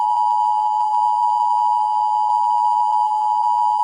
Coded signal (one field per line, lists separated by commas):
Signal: Emergency Alert System (SAME) tones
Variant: 853 and 960 Hz attention tone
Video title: Turn Around: An actual EAS scenario